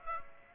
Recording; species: mosquito wingbeat signal from an infrared sensor; Aedes aegypti